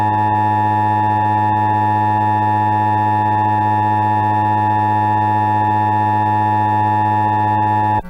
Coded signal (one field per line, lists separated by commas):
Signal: Emergency Alert System (SAME) tones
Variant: 853 and 960 Hz attention tone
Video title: All EAS Alerts by year part 1